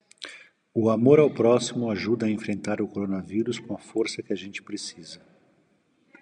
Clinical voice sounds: spoken sentence; Brazilian Portuguese; male; 50 to 59 years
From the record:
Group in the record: control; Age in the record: 55 years

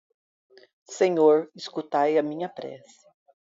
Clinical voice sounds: short text; Brazilian Portuguese; female; 50 to 59 years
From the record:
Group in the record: control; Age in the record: 54 years

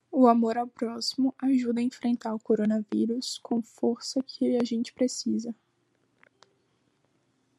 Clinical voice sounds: spoken sentence; Brazilian Portuguese; female; 20 to 29 years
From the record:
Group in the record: control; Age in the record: 24 years

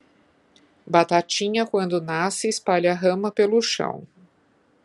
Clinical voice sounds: short text; Brazilian Portuguese; female; 50 to 59 years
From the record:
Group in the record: control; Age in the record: 56 years

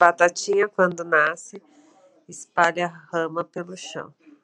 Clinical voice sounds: short text; Brazilian Portuguese; female; 40 to 49 years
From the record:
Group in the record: control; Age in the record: 41 years

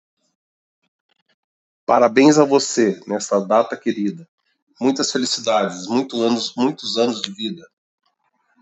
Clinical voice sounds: short text; Brazilian Portuguese; male; 50 to 59 years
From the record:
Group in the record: control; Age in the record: 55 years

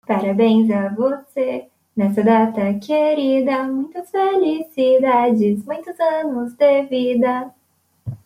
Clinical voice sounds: short text; Brazilian Portuguese; female; 20 to 29 years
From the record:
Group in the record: control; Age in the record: 22 years

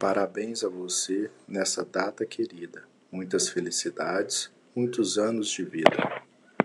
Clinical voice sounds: short text; Brazilian Portuguese; male; 40 to 49 years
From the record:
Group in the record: control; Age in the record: 41 years

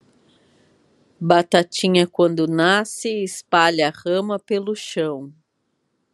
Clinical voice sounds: short text; Brazilian Portuguese; female; 50 to 59 years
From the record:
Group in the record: control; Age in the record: 52 years

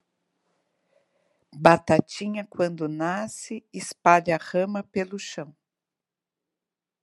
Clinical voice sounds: short text; Brazilian Portuguese; female; 50 to 59 years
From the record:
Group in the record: control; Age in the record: 58 years

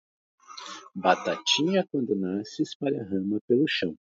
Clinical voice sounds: short text; Brazilian Portuguese; male; 40 to 49 years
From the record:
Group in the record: control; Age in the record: 40 years

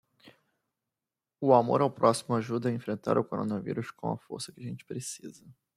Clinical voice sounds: spoken sentence; Brazilian Portuguese; male; 20 to 29 years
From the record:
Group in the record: control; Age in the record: 28 years

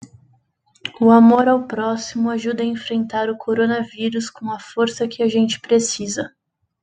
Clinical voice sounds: spoken sentence; Brazilian Portuguese; female; 20 to 29 years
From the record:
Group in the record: control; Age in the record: 26 years

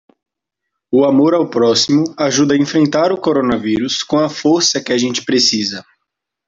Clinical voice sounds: spoken sentence; Brazilian Portuguese; male; 20 to 29 years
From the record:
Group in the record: control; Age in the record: 20 years

